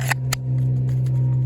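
A Nedfoss Boar fixed-blade knife in D2 steel is pushed into its kydex sheath, with a light tick at 0.1 s and then a sharp snap at 0.3 s as the retention grips the blade. A steady low hum runs underneath throughout. The knife is seated and held securely.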